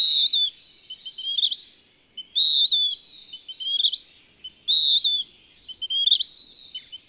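Bird song: bright whistled phrase with a rising flick at the end, repeated about every 2.3 seconds, with softer notes between phrases.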